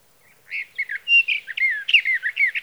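Sage thrasher song, a fast jumble of warbled and buzzy notes that starts after a brief pause and continues with only brief gaps to the end.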